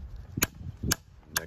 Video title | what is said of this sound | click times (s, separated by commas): Yakima Timberline FX Crossbars roof rack. How to install instructions. Quick video. Helpful tips | ex it's nice and tight it's tight enough when you hear it start to click Next | 0.4 s, 0.9 s, 1.4 s